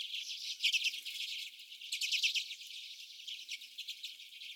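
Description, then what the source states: Common redpolls calling together in a rapid twitter of dry notes, louder in the first half and fading slightly. Several birds.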